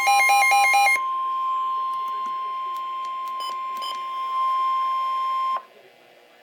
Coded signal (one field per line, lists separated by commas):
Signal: Emergency Alert System (SAME) tones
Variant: 1050 Hz attention tone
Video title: Double Header Flood Warning Updates - EAS #251-252